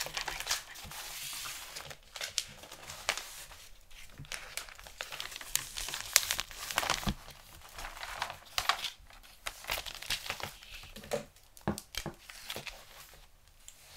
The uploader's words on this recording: ASMR Xmas Gift Wrapping Intense Crinkle, Tape, Scissors Sounds.